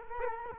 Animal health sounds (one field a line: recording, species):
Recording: mosquito wingbeat signal from an infrared sensor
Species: Culex quinquefasciatus